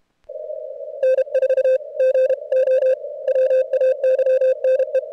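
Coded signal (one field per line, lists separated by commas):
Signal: Morse code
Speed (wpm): 31 wpm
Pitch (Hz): 530 Hz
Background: none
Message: N4GO WAYNE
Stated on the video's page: CWops CWT contest at 550 Hz, search-and-pounce moving into running.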